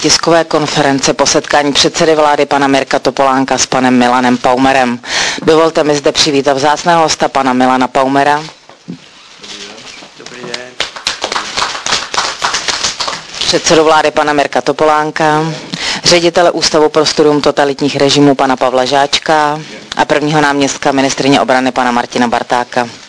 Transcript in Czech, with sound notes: na tiskové konferenci po setkání předsedy vlády pana Mirka Topolánka s panem Milanem Paumerem. Dovolte mi zde přivítat vzácného hosta pana Milana Paumera, (potlesk) předsedu vlády pana Mirka Topolánka, ředitele Ústavu pro studium totalitních režimů pana Žáčka a prvního náměstka ministryně obrany Martina Bartáka.